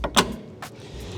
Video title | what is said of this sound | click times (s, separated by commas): Adria Twin - Brink Detachable Towbar & Rear Sensors Installation (13pin Dedicated Electrics TowBar) | and you'll find then you get a really nice satisfying click most importantly at this point | 0.2 s